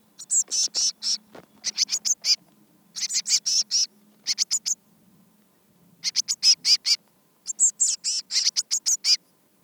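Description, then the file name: Eurasian blue tit giving high, buzzy scolding calls in rapid bursts of several notes, with short pauses between bursts; a faint low hum runs underneath. "Cyanistes caeruleus"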